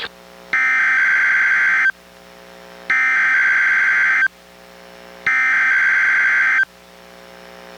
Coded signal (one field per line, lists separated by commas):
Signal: Emergency Alert System (SAME) tones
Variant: header bursts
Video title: EAS #1021: NWR Required Weekly Test- Nov. 6, 2024- 11:04AM PST